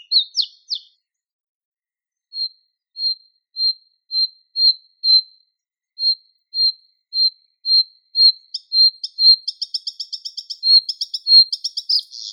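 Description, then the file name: Bluethroat song: a few quick chirps, then a steady series of soft pure notes about every half second, accelerating into a dense buzzy, metallic trill at the close. "Luscinia svecica"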